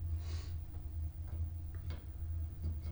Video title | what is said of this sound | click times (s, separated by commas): Replace Wiper Blades on a 2006 Corvette | clicks into place | 1.8 s, 1.9 s